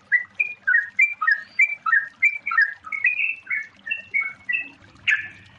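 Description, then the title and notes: Yellow-vented Bulbul in a series of chirpy, liquid notes stepping up and down, ending in a burst, over a low hum. Long rapid-trill song style (ropel panjang), used as a master for training. "Masteran Trucukan Ropel Panjang. Kicau Burung Trucukan"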